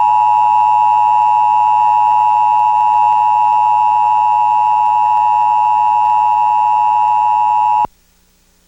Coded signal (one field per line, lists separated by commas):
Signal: Emergency Alert System (SAME) tones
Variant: 853 and 960 Hz attention tone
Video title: Emergency Alert System - New Jersey Monthly Test [August 19, 2003]